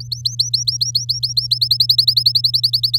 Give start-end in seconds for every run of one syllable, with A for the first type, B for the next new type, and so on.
0.00-1.47 A, 1.51-2.98 B